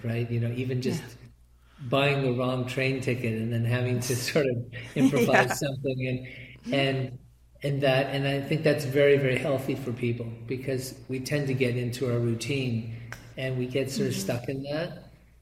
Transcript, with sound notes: You know, even just buying the wrong train ticket and then having to sort of improvise something.
(laughs) Yeah.
And, and, and that. And I think that's very, very healthy for people, because we tend to get into a routine and we get sort of stuck in that.